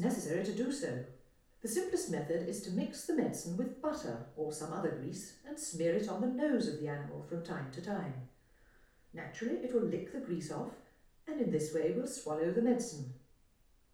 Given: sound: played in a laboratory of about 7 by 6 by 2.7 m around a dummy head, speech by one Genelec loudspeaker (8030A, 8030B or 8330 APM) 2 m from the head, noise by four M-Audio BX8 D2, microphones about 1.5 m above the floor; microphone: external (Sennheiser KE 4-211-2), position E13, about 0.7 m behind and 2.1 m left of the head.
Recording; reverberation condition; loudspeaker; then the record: female speech in English; medium; 150 degrees to the right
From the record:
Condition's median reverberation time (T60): about 510 ms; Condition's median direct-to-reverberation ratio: about -0.5 dB